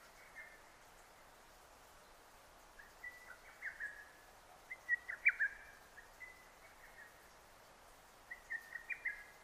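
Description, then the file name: Lesser cuckoo song: quick staccato whistled phrases of several clipped notes, heard three times over about nine seconds against a steady soft hiss. Recorded on 6 June 2009. "hototogisu-20090606"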